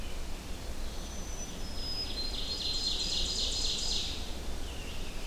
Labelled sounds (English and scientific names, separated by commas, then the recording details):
Ovenbird (Seiurus aurocapilla) song
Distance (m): 35 m
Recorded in boreal forest in Alberta, Canada, on 25 June 2016 at 05:45
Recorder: SongMeter 3, array SBT-6-76
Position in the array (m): 22 m, 111 m
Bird 2